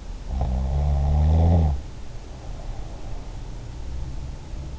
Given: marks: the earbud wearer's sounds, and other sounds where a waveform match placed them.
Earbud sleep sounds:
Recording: sounds in sleep by an in-ear microphone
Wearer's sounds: snoring breath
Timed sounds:
0.27-3.20 s: snoring breath

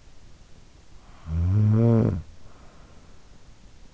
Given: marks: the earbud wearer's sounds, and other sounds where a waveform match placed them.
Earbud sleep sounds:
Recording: sounds in sleep by an in-ear microphone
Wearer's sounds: snoring breath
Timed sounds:
0.74-3.66 s: snoring breath

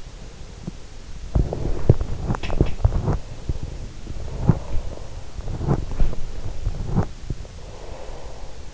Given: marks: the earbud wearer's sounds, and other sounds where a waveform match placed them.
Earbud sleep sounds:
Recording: sounds in sleep by an in-ear microphone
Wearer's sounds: breath, body movement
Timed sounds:
0.03-1.37 s: breath
1.37-7.67 s: body movement
3.15-5.26 s: breath
6.22-8.74 s: breath

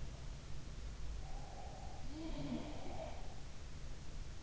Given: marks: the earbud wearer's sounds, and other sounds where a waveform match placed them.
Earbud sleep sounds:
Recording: sounds in sleep by an in-ear microphone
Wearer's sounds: breath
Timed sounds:
1.07-3.46 s: breath
1.90-3.24 s: sound from someone else or the room

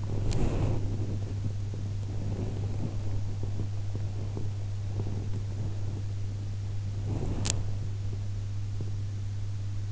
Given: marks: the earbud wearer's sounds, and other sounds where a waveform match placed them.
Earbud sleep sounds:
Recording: sounds in sleep by an in-ear microphone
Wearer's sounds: body movement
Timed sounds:
0.00-6.09 s: body movement
6.76-8.13 s: body movement

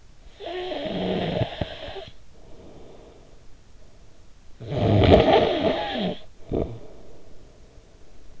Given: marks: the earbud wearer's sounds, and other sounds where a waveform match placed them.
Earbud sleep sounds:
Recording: sounds in sleep by an in-ear microphone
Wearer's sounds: snoring breath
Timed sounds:
0.00-3.54 s: snoring breath
4.40-7.75 s: snoring breath

